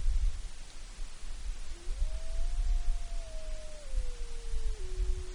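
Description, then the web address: Wolf howl: a single smooth tone that rises sharply, holds steady, then slides gradually lower, over low rumbling background noise. Wrangell-St. Elias, Alaska, 9 April 2015. "alaska acoustic highlights. Wolves"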